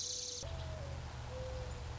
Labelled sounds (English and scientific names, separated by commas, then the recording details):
Mourning Dove (Zenaida macroura)
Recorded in Sonoma County, California